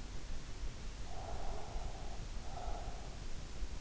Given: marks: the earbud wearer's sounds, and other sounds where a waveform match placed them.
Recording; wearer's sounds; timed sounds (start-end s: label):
sounds in sleep by an in-ear microphone; breath
1.03-3.07 s: breath